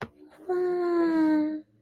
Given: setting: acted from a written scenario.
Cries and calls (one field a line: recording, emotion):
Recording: vocal sound without words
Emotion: awe